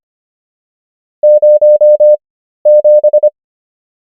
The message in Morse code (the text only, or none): 07